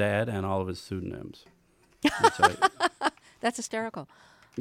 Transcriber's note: laughter